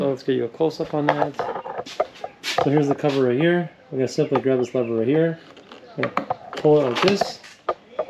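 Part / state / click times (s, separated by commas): cover latch lever on an outboard motor engine cowling / released / 7.7 s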